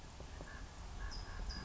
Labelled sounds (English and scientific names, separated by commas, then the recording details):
California Towhee (Melozone crissalis)
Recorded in Sonoma County, California